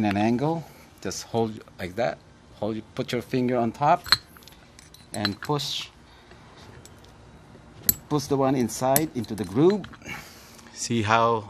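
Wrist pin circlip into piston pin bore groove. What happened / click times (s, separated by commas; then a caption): The steel clip snapped partway into its groove / 7.9 s. Someone talks while a steel wrist pin circlip is pushed into the groove of the piston pin bore on a CP K20 piston being mated to a Maxpeeding rod, with faint metallic ticks before a sharp click at 7.9 s. The circlip ends up only half seated: its bottom is in the groove but its top is not.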